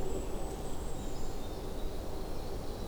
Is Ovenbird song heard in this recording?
no